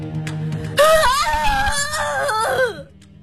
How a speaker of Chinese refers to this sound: 悬崖上的海鸽发出了野兽一般的嘶吼，那是一种穿透心肺、痛彻骨髓的悲吼。